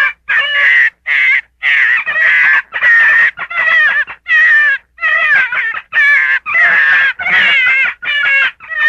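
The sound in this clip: Gray fox giving a rapid, continuous series of harsh, wavering yips and squeals, about one to two per second, with no other sounds.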